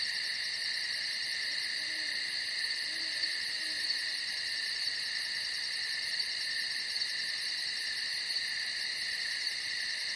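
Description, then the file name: Crickets trilling continuously in a thick chorus with a quick pulsed chirp above, while a few faint low hoots from an owl sound briefly near the middle. Night forest ambience with crickets and an owl. "les noch sverchki sova zvuki"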